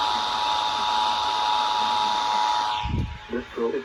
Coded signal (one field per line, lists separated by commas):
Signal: Emergency Alert System (SAME) tones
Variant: 853 and 960 Hz attention tone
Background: speech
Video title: March Madness: Tornado Drill Edition …EAS Tests From March 8-9, 2022